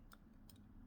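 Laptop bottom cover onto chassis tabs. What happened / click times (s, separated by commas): The plastic cover snapped onto its tabs / 0.1 s, 0.5 s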